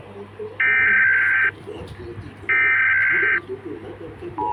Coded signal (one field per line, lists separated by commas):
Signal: Emergency Alert System (SAME) tones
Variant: header bursts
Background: speech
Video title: Eas Seracino Malaya Entiti Anm???